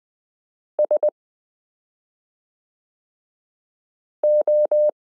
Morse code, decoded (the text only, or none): SO